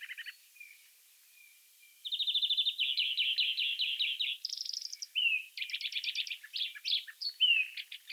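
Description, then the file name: European greenfinch song: after a quiet start, a rapid series of bright trills and twittering rattles at varying pitches. "Chloris chloris"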